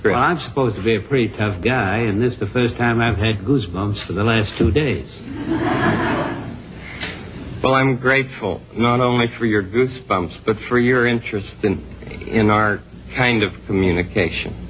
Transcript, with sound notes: I'm supposed to be a pretty tough guy, and this is the first time I've had goose bumps for the last two days.
(LAUGHTER) Well, I'm grateful, not only for your goose bumps but for your interest in our kind of communication.